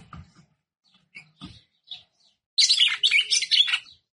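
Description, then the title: Red-cowled cardinal song: a few faint scattered chirps, then a loud rush of fast, high, scratchy notes lasting over a second. Female bird; the song style is called "batendo fogo". "Canto Galo De Campina. Fêmea De Galo De Campina Batendo Fogo"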